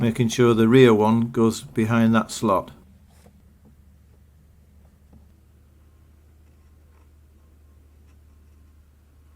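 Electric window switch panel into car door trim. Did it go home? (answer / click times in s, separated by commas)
no / none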